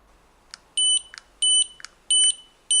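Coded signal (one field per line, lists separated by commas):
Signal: beep code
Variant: Beninca motor control unit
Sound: short high beeps about 0.2 s each, repeated, with soft clicks between them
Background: button clicks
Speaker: Pour le menu 3, enregistrement d'émetteur, 3 appuis. Après vérification du choix par les 3 bips ou flash, on confirme en appuyant 10 secondes.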